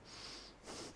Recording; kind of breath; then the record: one breath in and out by a microphone near the nose and mouth; strong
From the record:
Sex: male